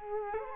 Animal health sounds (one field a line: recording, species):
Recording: mosquito wingbeat signal from an infrared sensor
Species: Culex quinquefasciatus